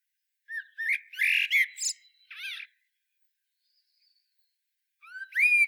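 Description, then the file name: Common blackbird song with rising fluty whistles, a chattering scratchy flourish, a brief rasp, then a new upward-slurred whistled phrase. "Turdus merula"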